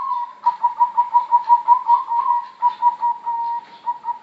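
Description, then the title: Zebra dove song, a steady string of quick soft coos that swell slightly mid-phrase, then slow into a long held coo and spaced notes. Melodious Bangkok-type zebra dove song, used as a tutor recording (masteran) for training other birds. "mster Mnuk. suara perkutut bangkok merdu untuk masteran"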